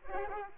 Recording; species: mosquito wingbeat signal from an infrared sensor; Culex pipiens